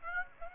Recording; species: mosquito wingbeat signal from an infrared sensor; Aedes aegypti